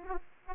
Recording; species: mosquito wingbeat signal from an infrared sensor; Aedes aegypti